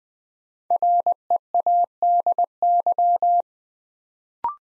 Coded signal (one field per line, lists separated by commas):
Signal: Morse code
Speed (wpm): 21 wpm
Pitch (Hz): 700 Hz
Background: none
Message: READY